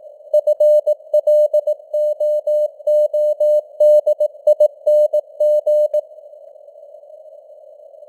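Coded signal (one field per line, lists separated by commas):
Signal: Morse code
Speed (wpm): 18 wpm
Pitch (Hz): 600 Hz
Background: none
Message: FLOODING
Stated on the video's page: News headlines sent in Morse at 18 wpm with simulated radio noise and varying signal strength (QSB).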